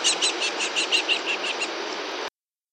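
New Zealand falcon chattering in a quick repeated series of harsh notes, fading slightly, then cutting off abruptly.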